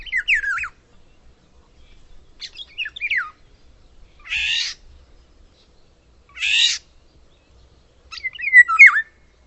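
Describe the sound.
Bird calls: downslurred whistled phrases and harsh, buzzy bursts, five phrases spaced roughly two seconds apart, quiet between them.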